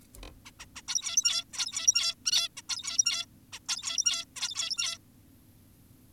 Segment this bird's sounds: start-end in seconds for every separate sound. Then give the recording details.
0.46-0.51, 0.60-0.66, 0.76-0.82, 0.88-1.44, 1.53-2.15, 2.26-2.48, 2.57-2.62, 2.69-3.26, 3.53-3.59, 3.69-4.25, 4.36-4.98. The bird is an adult. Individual g17y2U